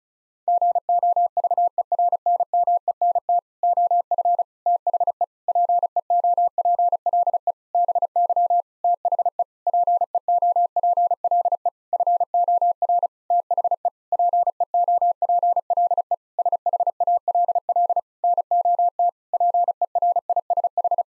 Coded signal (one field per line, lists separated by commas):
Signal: Morse code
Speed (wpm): 36 wpm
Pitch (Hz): 700 Hz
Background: none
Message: GOVERNMENT OF THE PEOPLE BY THE PEOPLE FOR THE PEOPLE SHALL NOT PERISH